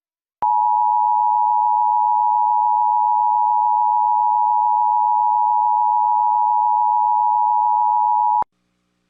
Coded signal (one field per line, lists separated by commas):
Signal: Emergency Alert System (SAME) tones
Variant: 853 and 960 Hz attention tone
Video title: NJ Required Monthly Test on WDPN and WNJS - [EAS #60-62]